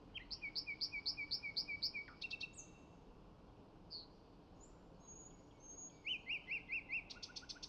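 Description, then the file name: Common nightingale song: a rhythmic run of doubled notes and a quick rattle, a pause with thin whistles, then loud repeated notes, over background hiss. "Luscinia megarhynchos"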